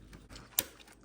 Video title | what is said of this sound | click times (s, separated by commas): How To Change The Fuel Filters On A New 2023 F350 Diesel Truck. | okay now we clip it in there we go | 0.6 s